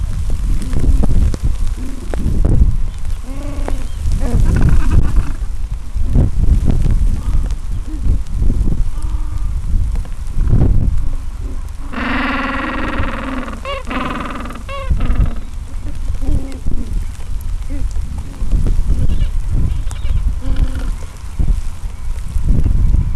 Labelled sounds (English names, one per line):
Gentoo Penguin